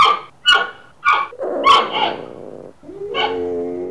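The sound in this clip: Panda calls: three short harmonic barking notes in quick succession, then a longer rough moan and a drawn-out harmonic bleat.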